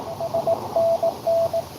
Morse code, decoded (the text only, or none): SNN